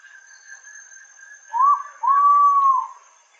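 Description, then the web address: Ivory-breasted pitta whistles a quick short note then a long, even, slightly arched note, with a steady high tone behind. "ULM-DS-Lab indonesian-bird-sounds. Pitta maxima"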